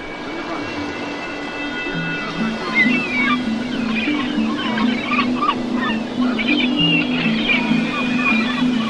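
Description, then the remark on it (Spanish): A steady, gentle wash of calm sea waves at sunrise runs throughout, with a low sustained hum underneath and scattered high chirping calls over the top. “Amanecía y el nuevo sol pintaba de oro las ondas del mar tranquilo.”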